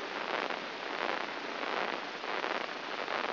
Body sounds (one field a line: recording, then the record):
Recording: brain microelectrode recording played as sound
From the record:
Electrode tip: inside the subthalamic nucleus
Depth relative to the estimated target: 1 mm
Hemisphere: right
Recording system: AlphaMap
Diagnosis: Parkinson's disease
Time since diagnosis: 11 years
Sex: male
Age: 66 years